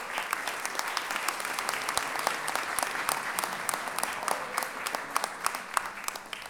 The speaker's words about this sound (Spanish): Quienes vinieron son quienes tienen que estar aquí. Un aplauso para ustedes también.